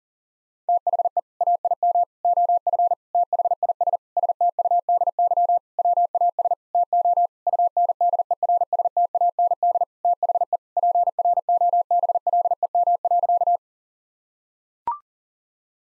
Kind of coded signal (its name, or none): Morse code